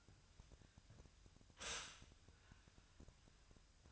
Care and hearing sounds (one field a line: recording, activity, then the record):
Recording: daily activity, microphone in the room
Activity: stop toaster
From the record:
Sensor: 2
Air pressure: 1001.8 hPa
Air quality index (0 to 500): 246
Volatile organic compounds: 37 ppm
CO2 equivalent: 3100 ppm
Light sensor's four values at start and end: 9/30/12/11 and 9/30/12/11